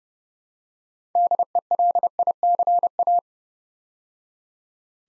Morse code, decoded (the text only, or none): DELICA